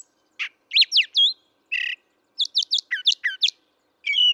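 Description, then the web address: Brown thrasher singing separate short phrases: a short note, whistled notes, a harsh burst, then a quick series of doubled slurred chirps. "birdsongforthecurious Brown Thrasher"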